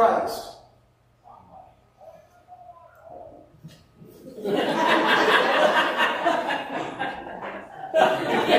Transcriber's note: laughter